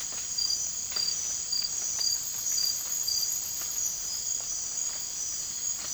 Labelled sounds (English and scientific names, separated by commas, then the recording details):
none
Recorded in dense forest near Puerto Asís, Putumayo, Colombia, on 20 December 2024 at 00:00
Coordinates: 0.481, -76.323
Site G100